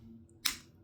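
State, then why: Seated. After a new 3-volt lithium CR2032 coin cell is fitted, the battery and board part is pressed back into a Honda key fob. A faint tick is heard at 0.3 s, then one sharp, bright snap at 0.5 s that quickly fades. The part is confirmed seated with that snap.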